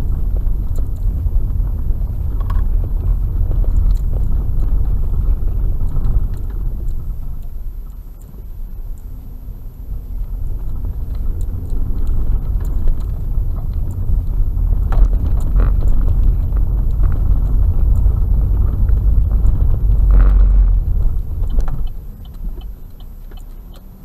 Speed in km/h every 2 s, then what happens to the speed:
18, 19, 16, 5, 8, 15, 17, 21, 24, 21, 15, 5.
3-6 brakes to 5. 7-17 speeds up to 24. 17-24 slows to 5.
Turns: none.